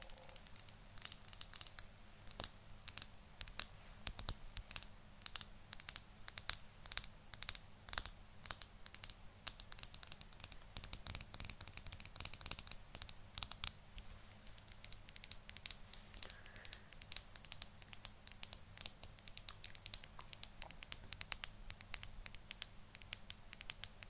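ASMR tapping: a dense run of sharp, bright clicks and taps, coming quickly and irregularly for the whole stretch, sometimes in quick flurries. Light crinkling and scratching mixes in between the taps, over a faint low hum that stays steady throughout.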